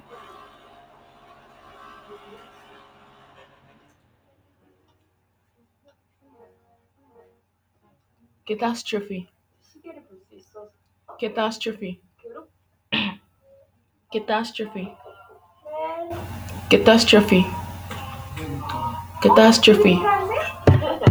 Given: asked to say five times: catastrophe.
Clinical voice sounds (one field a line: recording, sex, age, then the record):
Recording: repeated word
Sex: female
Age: 20 to 29 years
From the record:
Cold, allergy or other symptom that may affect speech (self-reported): no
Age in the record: 25 years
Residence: Italy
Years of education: 16